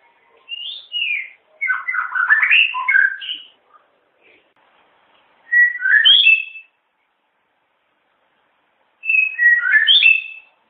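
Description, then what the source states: White-rumped shama song: varied melodious warbling phrase with mixed whistles, then two shorter rich whistled phrases separated by long silent gaps. Wild bird in forest; original natural song.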